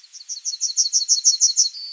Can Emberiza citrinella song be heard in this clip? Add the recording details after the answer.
yes. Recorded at under 5 m from the bird. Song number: 031